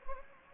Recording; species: mosquito wingbeat signal from an infrared sensor; Anopheles gambiae